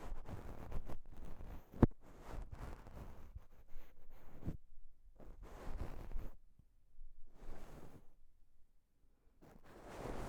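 Brushes sweep across a microphone in uneven scratchy bursts with short gaps, a sharp click near two seconds, and quieter strokes toward the end.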